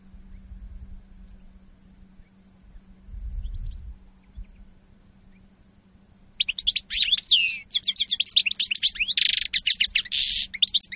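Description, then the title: European goldfinch song begins after six seconds of low rumbling, bursting into fast high twitters and buzzy trills until the end. Spanish goldfinch lure call recording (reclamo). "Reclamo jilguero espaÑol"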